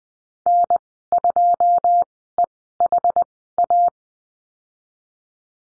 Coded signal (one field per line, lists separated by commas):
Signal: Morse code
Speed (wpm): 20 wpm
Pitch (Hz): 700 Hz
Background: none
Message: N2EHA